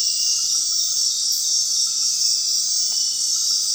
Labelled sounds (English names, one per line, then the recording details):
none
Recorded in dense forest near Puerto Asís, Putumayo, Colombia, on 18 February 2024 at 20:00
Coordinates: 0.499, -76.324
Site G6469